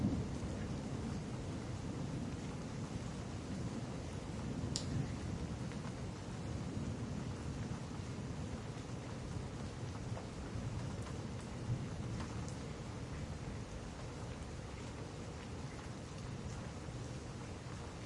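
A thunderstorm: steady, dense rain hiss over a deep, continuous rumble of thunder, with a few sharp drip clicks near five and twelve seconds.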